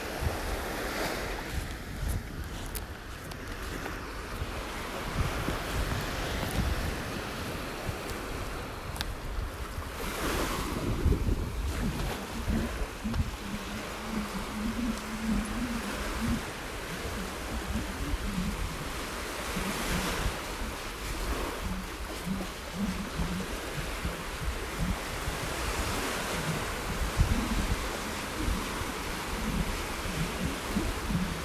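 Waves rush and wind blows in a steady, dense roar that never drops out. Gusts buffet the microphone with low rumbling thumps, stronger after about ten seconds, while brighter swells of surf rise and fall every few seconds.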